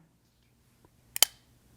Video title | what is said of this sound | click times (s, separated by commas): 15 KNIFE SAFETY RULES - SAFE KNIFE HANDLING - KNIFE SAFETY 101 - KNIVES 101 - Five Elements Tactical | locks into place it won't fold closed | 1.2 s